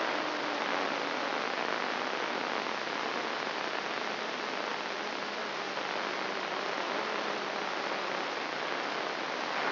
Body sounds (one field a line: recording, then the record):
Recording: brain microelectrode recording played as sound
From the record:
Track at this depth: outside the subthalamic nucleus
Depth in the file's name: 0.115 mm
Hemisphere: left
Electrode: 3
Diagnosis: Parkinson's disease